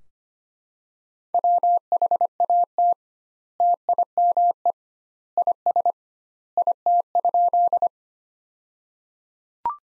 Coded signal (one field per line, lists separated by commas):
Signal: Morse code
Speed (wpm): 25 wpm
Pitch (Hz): 700 Hz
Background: none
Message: WHAT TIME IS IT?